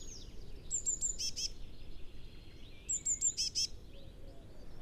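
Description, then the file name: Eurasian blue tit calls twice: three thin, high notes, then two buzzy churring notes, with quiet ambient noise between. "Cyanistes caeruleus"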